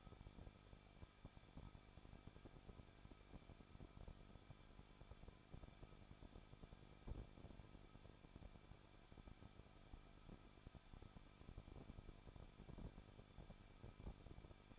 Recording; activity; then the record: daily activity, microphone in the room; no activity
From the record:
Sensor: 5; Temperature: 20.8 degrees Celsius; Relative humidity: 38.2%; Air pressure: 1006.5 hPa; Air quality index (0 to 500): 187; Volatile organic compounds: 18 ppm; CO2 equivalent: 2624 ppm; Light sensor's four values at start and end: 2/3/1/1 and 2/3/1/1